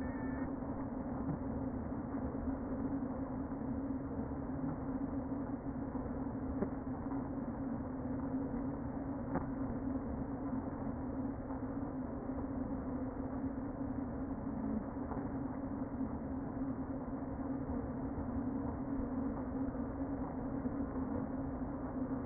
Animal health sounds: honeybee colony, microphone inside the hive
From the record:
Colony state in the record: queen present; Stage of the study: before two queens were removed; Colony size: about 60,000 bees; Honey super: yes

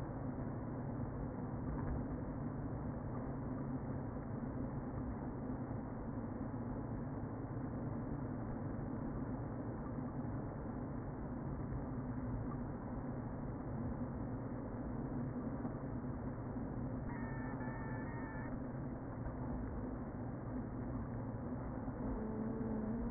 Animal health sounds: honeybee colony, microphone inside the hive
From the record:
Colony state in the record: queen present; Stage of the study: before two queens were removed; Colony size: about 60,000 bees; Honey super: yes

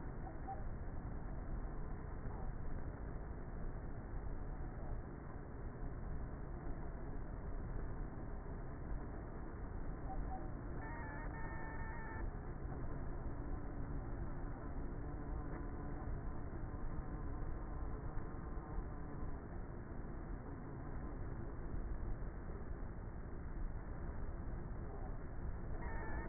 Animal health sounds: honeybee colony, microphone inside the hive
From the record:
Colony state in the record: queenless with a low population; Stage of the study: before two queens were removed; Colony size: about 30,000 bees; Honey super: no

